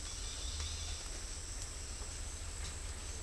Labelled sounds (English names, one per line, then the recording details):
none
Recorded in dense forest near Puerto Asís, Putumayo, Colombia, on 21 December 2024 at 11:30
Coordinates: 0.467, -76.328
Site GP05